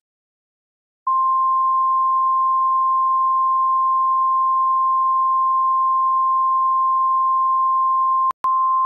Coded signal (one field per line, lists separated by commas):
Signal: Emergency Alert System (SAME) tones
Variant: 1050 Hz attention tone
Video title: EAS Severe Thunderstorm Warning (KY, OH, and VA Counties)